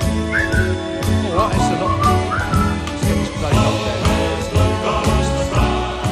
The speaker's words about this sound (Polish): No to sobie pogwizdaliśmy.